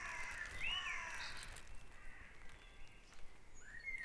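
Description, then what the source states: Birds in a dawn chorus: a harsh, rasping call opens, followed by thin, rising whistles and faint chirps. Dawn chorus at Back Dragon Avenue, Harrogate; part of the Sound Map of Harrogate.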